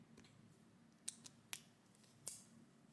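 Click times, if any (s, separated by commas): 1.1 s, 1.5 s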